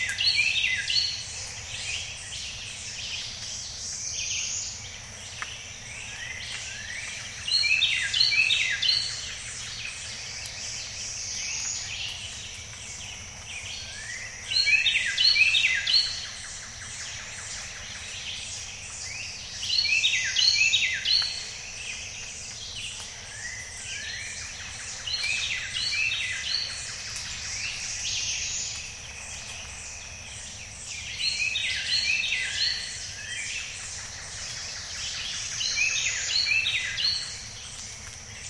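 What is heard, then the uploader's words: A diffuse evening chorus of bird-voiced treefrogs: bright, whistled trills rising in bursts roughly every five seconds, near 8, 15, 20, 24, 32 and 37 seconds. Between bursts a thin, steady high hiss of insects continues, over a faint low rumble. Jessamine Bayou is a seasonally flooded forest in the heart of America's Amazon, the Mobile-Tensaw River Delta. These recordings are taken from overnight "drop rigs" left at the edge of a tributary surrounded cypress swamp and adjacent to a field of saw palmetto. In the evening a diffuse chorus of bird-voiced treefrogs.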